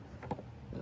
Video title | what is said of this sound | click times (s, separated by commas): Nissan Rogue brake light bulbs install | It locks into place. | 0.2 s, 0.3 s